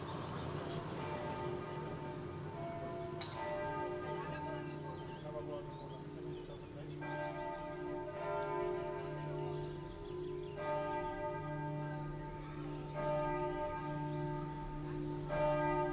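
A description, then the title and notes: Large church bells ring out over a city square, their deep, overlapping tones humming continuously. New strikes land every few seconds, around 3, 7, 10.5 and 13 seconds, each adding a bright ringing layer over the low drone. A steady murmur of town noise lies underneath. Binaural production. Generative soundscape based on a two-dimensional random walk between four binaural soundscapes recorded in Plzeň (Pilsen, CZ). Bells ringing at 6 pm from St Bartholomew's Cathedral.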